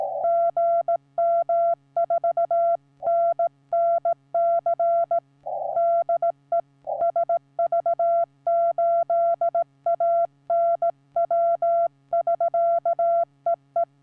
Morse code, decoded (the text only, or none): GM4NNC DE SV8ANW <SK> EE